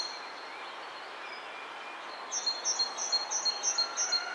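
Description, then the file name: Great tit song starts halfway through: a quick series of high two-part notes, evenly repeated about three times a second, over a steady background hiss. "Parus major"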